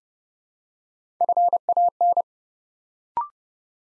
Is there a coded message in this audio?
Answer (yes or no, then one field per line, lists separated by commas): yes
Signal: Morse code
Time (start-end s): 1.2-2.2 s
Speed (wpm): 29 wpm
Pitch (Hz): 700 Hz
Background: none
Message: FAN